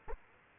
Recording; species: mosquito wingbeat signal from an infrared sensor; Aedes aegypti